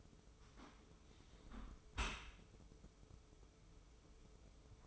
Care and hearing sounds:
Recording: daily activity, microphone in the room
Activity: close dishwasher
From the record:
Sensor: 1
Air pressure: 995.8 hPa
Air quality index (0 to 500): 59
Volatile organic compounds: 2 ppm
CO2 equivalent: 1170 ppm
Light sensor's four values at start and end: 32/110/43/45 and 32/110/42/45

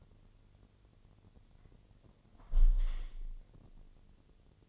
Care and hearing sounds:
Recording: daily activity, microphone in the room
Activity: close window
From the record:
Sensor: 4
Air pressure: 1007.2 hPa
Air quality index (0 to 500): 182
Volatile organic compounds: 5 ppm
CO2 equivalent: 1813 ppm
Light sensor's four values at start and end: 23/74/28/27 and 23/73/28/27

